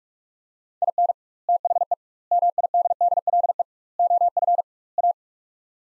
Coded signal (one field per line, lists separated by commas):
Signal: Morse code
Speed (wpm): 43 wpm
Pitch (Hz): 700 Hz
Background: none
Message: IN THE MIDDLE OF A